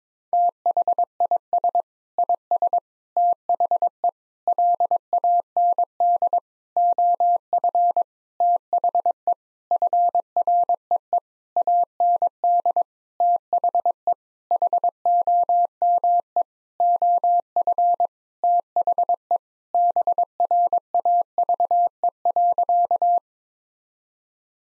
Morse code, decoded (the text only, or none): THIS IS THE LAND OF THE FREE AND THE HOME OF THE BRAVE.